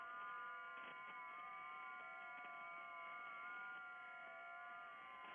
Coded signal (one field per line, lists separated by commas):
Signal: FT8